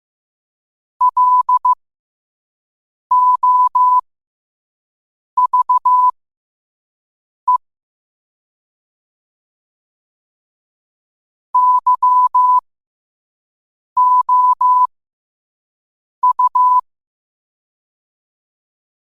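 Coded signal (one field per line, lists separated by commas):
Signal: Morse code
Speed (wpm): 15 wpm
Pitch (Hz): 1000 Hz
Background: none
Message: LOVE YOU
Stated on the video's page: Morse beeps spelling a short phrase, demonstrated as a lesson on dots and dashes.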